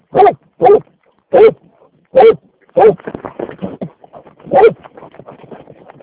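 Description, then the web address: Dog barking, five sharp barks spaced by short pauses, then softer muttering sounds and one more bark near the end. A dog named Vekku. "Vekku. taperan koirat"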